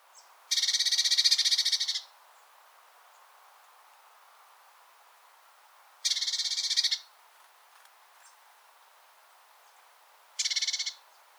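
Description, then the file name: Eurasian blue tit giving harsh, buzzy churring bursts, three in all, the first longest, separated by several seconds of near quiet. "Cyanistes caeruleus"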